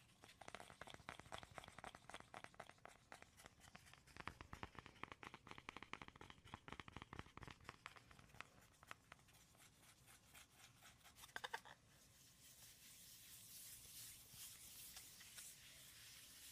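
Rapid, dense tapping and scratching on wood, cork and cardboard fills the first twelve seconds, sharp clicks crowding together with brief surges around four and eleven seconds. After a short pause, the sound turns into a steadier, hissing scrape that runs to the end.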